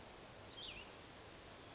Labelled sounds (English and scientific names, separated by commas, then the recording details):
Cassin's Vireo (Vireo cassinii)
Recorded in Sonoma County, California